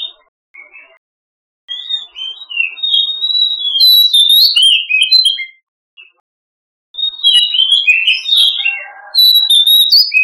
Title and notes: Kicau Burung Kacer